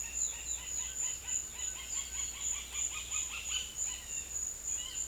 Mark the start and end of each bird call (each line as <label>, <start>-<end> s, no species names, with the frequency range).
bird call (0.4-5.1 kHz), 0.00-5.07 s